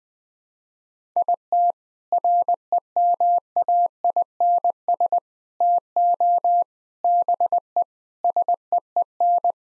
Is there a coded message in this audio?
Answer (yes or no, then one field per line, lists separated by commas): yes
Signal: Morse code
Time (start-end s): 1.2-9.5 s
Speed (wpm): 20 wpm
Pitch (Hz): 700 Hz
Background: none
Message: IT REMAINS TO BE SEEN